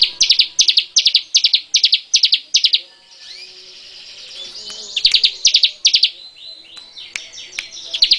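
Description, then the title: Bar-winged prinia repeating strident, buzzy chirps in fast even series, then a softer twittering pause before the loud chirping resumes; sharp clicks heard throughout. "Suara Burung Ciblek"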